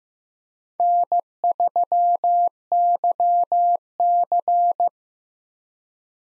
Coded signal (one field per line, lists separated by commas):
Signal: Morse code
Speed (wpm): 15 wpm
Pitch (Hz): 700 Hz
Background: none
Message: N3YC